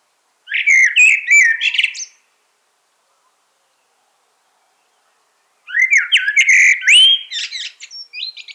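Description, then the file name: Common blackbird song: two mellow fluted phrases, each running into a squeaky high-pitched twitter, with a pause of silence between them. "Turdus merula"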